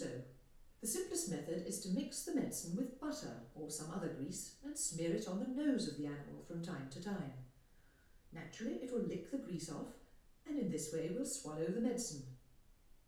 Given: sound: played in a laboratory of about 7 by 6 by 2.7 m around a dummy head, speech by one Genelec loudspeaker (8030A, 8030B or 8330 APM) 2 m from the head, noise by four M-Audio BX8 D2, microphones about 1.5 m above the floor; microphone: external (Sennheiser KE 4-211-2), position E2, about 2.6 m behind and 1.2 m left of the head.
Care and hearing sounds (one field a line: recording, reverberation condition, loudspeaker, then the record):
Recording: female speech in English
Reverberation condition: medium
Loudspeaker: 30 degrees to the right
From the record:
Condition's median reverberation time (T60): about 510 ms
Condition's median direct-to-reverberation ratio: about -0.5 dB